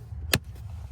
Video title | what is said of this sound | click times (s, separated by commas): Location of fuse boxes in your 2010 Infiniti G37X | That's it. It snaps into place. | 0.3 s